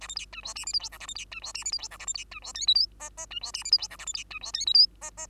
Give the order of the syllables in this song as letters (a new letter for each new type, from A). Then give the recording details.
A B C D E F G H I J A B C D E F G H I J A B C D E K L M N N D E F G H I J A B C D E K L M N N. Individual Bird2